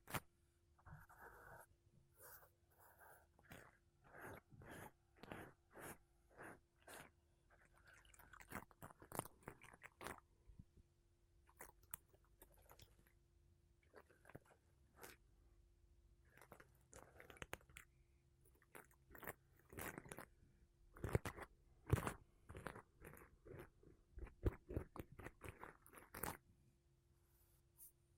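Makeup brushes and a sponge sweep over a mic in quick, dense, crackly strokes throughout, over a faint steady low hum.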